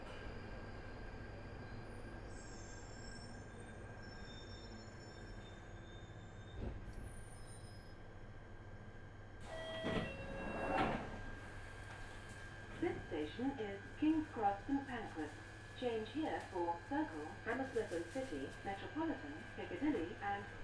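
An empty Underground train runs with a steady low rumble and a constant whining tone throughout. Faint high squeals come early on, a loud rattling clatter hits around the ten-second mark, and from about twelve seconds a voice speaks over the running noise.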